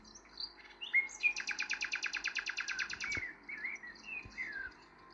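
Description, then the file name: Common nightingale singing a long rapid rattling trill of repeated notes lasting about two seconds, framed by short whistled chirps and slurred notes. "Rossignol philomele"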